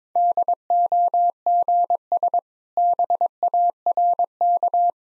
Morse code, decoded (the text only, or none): DOGS BARK